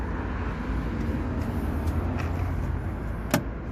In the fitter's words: there you go so once you hit that click in place it's in place here